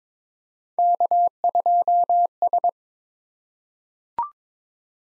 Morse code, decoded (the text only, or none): K2S